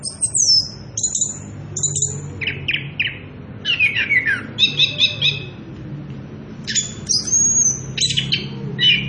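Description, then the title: Orange-headed thrush song of high descending whistles and rapid stuttering notes in separate bursts, with a soft low hum beneath. Singing prolifically (gacor) with continuous rolling 'ngerol edan' song; used as a lure (pancingan) and tutor (masteran) for young birds (trotolan). "Anis Kembang Gacor. pancingan anis kembang ngerol edan masteran trotolan"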